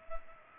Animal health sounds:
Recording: mosquito wingbeat signal from an infrared sensor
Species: Culex pipiens

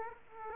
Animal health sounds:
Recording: mosquito wingbeat signal from an infrared sensor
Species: Aedes aegypti

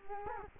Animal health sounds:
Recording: mosquito wingbeat signal from an infrared sensor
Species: Culex quinquefasciatus

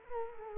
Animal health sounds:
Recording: mosquito wingbeat signal from an infrared sensor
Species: Culex quinquefasciatus

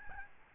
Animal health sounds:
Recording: mosquito wingbeat signal from an infrared sensor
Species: Aedes albopictus

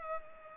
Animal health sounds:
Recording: mosquito wingbeat signal from an infrared sensor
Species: Culex pipiens

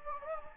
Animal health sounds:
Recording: mosquito wingbeat signal from an infrared sensor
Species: Anopheles gambiae

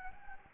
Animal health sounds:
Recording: mosquito wingbeat signal from an infrared sensor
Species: Anopheles gambiae

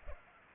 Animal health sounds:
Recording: mosquito wingbeat signal from an infrared sensor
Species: Culex pipiens

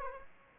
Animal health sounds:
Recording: mosquito wingbeat signal from an infrared sensor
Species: Aedes aegypti

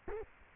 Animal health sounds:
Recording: mosquito wingbeat signal from an infrared sensor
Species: Culex quinquefasciatus

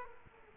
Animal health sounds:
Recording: mosquito wingbeat signal from an infrared sensor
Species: Culex quinquefasciatus

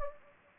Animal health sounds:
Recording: mosquito wingbeat signal from an infrared sensor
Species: Anopheles gambiae

